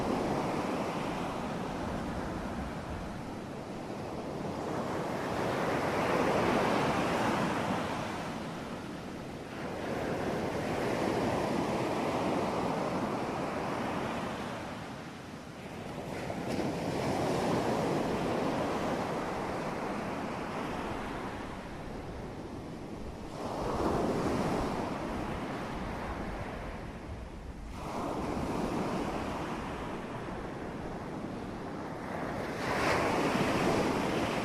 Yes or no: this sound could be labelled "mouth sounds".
no